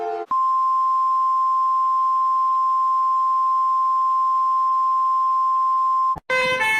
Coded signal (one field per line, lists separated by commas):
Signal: Emergency Alert System (SAME) tones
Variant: 1050 Hz attention tone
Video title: Rating EAS Alerts (Remade) (1 year anniversary) (A-Z)